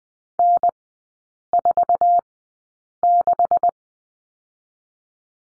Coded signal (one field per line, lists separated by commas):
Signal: Morse code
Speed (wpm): 20 wpm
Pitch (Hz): 700 Hz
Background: none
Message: N46